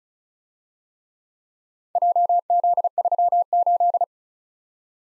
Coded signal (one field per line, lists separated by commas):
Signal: Morse code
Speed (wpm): 34 wpm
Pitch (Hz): 700 Hz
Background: none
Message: JZ38